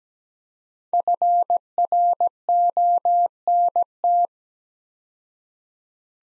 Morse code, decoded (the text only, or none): FRONT